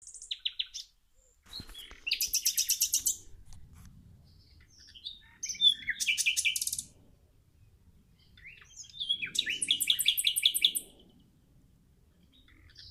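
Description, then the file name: Common nightingale singing three separate phrases of rapid, evenly repeated chattering notes, each lasting about a second or more, with short varied notes and quiet pauses between. "Luscinia megarhynchos"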